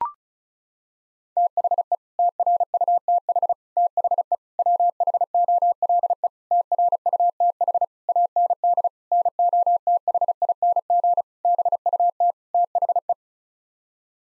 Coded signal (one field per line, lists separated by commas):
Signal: Morse code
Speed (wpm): 36 wpm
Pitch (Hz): 700 Hz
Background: none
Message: THE TRUTH THE WHOLE TRUTH AND NOTHING BUT THE